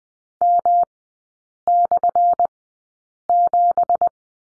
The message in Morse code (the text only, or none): M/7